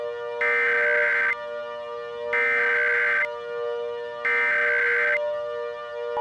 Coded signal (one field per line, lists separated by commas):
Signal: Emergency Alert System (SAME) tones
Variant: header bursts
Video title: EAS Scenario 8: Volcanic Nightmare Remastered